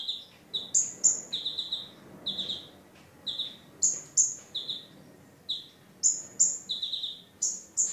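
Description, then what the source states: Sunbird song: rapid high chips and lower buzzy trills repeated in quick groups, separated by short gaps. Mountain sunbird, champion songbird.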